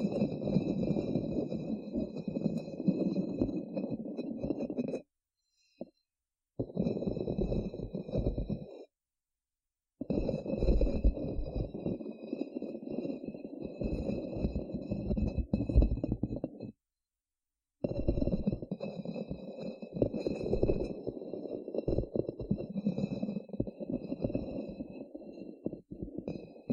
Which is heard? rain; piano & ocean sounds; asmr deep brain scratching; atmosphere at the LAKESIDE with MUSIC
asmr deep brain scratching